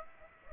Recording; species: mosquito wingbeat signal from an infrared sensor; Aedes aegypti